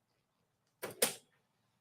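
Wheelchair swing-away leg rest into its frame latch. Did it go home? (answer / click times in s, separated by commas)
yes / 0.8 s, 1.0 s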